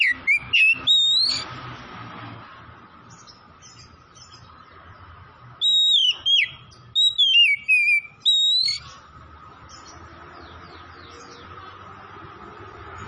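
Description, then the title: Oriental magpie-robin delivering quick whistled phrases, a brief burst early and a longer, sliding sequence around six seconds, then steady faint hum. Tretes type, singing vigorously (gacor). "Kacer Tretes"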